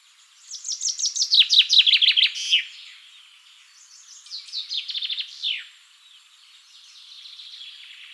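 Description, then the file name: Common chaffinch giving two song phrases, a loud cascading trill of crisp notes ending in a flourish, then a quieter repeat a few seconds later. "Fringilla coelebs"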